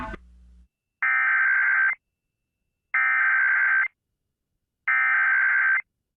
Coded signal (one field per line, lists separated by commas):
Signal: Emergency Alert System (SAME) tones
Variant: header bursts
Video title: 10/26/22 Random KDKA RWT+WAHC Relay EAS#251-#252